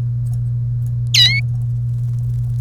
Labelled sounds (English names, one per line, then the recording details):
Domestic Canary song
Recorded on 1 May 2018 at 09:30
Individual llb3